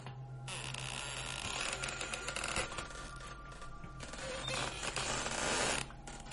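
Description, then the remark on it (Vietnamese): The two leaves of an open door creak and groan as they swing back and forth, a continuous grinding, scraping squeal with shifting pitch and a low steady hum underneath, fairly loud throughout. “Hai cánh cửa còn đu đưa qua lại, tạo ra những âm thanh cọt kẹt ghê người.”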